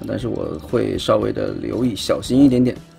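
Someone talks while carefully pushing a leg shell panel upward from below on a plastic and die-cast toy robot being transformed into vehicle mode, easing it toward its clip gently because an earlier identical clip latched very loudly. The panel has not snapped onto its clip yet; nothing has seated or clicked in this clip.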